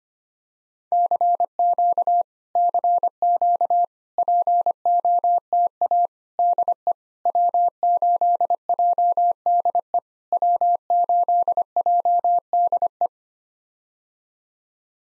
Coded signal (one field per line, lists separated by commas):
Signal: Morse code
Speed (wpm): 25 wpm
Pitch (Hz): 700 Hz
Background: none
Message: CQ CQ POTA DE W8JDE W8JDE